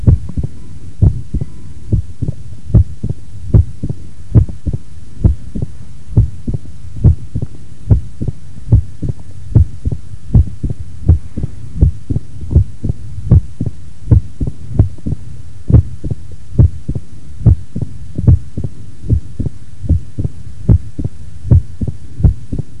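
Heart by stethoscope at the cardiac apex in mitral stenosis: accentuated first heart sound and a mitral opening snap, a short, high-frequency sound at the very start of diastole just after the second sound, as the sclerosed, fused mitral leaflets open, creating a characteristic triple rhythm.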